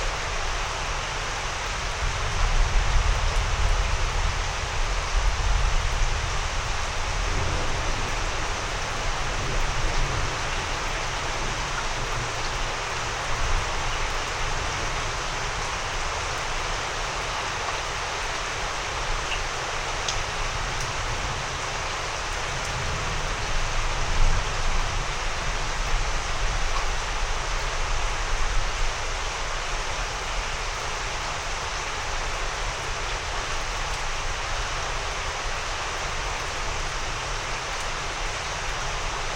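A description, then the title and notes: A thunderstorm in East Texas, heard as a steady, dense hiss of rain across the whole clip. Low rumbles of thunder roll underneath, swelling around three to eight seconds and again near twenty-four seconds before settling back into the rain. Slow rolling thunderstorm in the East Texas region. Texas Thunderstorm.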